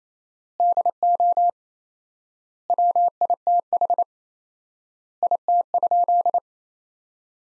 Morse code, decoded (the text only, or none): DO WITH IT?